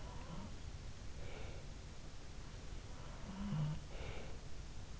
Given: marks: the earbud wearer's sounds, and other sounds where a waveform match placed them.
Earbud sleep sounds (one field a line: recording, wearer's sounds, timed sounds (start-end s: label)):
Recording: sounds in sleep by an in-ear microphone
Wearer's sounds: breath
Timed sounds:
0.00-0.64 s: sound from someone else or the room
1.02-1.77 s: breath
3.08-3.87 s: sound from someone else or the room
3.96-4.45 s: breath